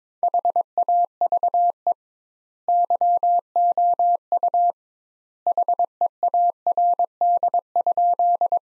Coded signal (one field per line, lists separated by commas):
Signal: Morse code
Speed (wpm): 22 wpm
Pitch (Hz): 700 Hz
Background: none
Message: HAVE YOU HEARD?